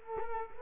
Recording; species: mosquito wingbeat signal from an infrared sensor; Culex quinquefasciatus